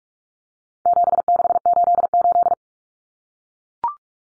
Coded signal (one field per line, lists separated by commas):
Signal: Morse code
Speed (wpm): 44 wpm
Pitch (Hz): 700 Hz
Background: none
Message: 7688